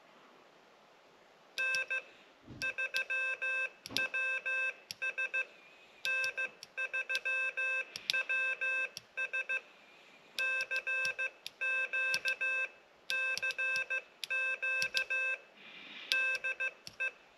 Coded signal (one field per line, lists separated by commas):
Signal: Morse code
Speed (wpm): 15 wpm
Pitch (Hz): 2600 Hz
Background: none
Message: N3WS N3WS CQ CQ DE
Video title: Building the K6ARK Single lever key